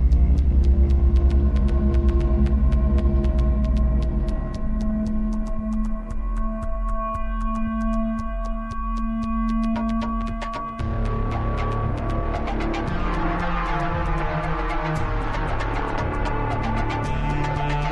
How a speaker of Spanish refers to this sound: A muchos les será familiar lo que está sonando. Es el tema de Half-Life 2, el tema que suena en las lanchas, en el canal de las lanchas, y sirve para presentar esta noche al primer miembro de Lone Team